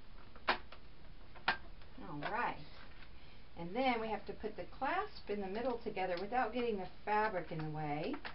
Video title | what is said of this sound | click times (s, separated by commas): JoJo Bow Maker Activity Kit | keep going until you hear it click, click, click, click, click. | 0.5 s, 1.5 s